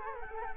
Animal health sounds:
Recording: mosquito wingbeat signal from an infrared sensor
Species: Culex quinquefasciatus

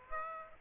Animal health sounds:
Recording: mosquito wingbeat signal from an infrared sensor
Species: Aedes aegypti

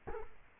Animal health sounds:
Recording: mosquito wingbeat signal from an infrared sensor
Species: Culex quinquefasciatus

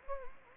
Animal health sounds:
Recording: mosquito wingbeat signal from an infrared sensor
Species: Anopheles gambiae

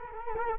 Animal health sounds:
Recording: mosquito wingbeat signal from an infrared sensor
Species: Culex quinquefasciatus

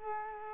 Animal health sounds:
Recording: mosquito wingbeat signal from an infrared sensor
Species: Culex quinquefasciatus

